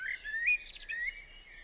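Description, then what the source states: Eurasian blackbird singing a short phrase of fluted, warbling notes with a higher twittering flourish near the middle, then a soft trailing strain. Singing on a roof, recorded 28 April 2016 at 06:05.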